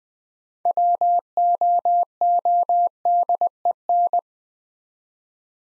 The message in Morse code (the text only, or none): WOODEN